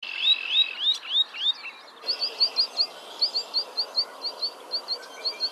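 Spotted sandpiper calls: a rapid series of short, thin, upslurred whistled notes, several per second, in two runs, over steady background hiss.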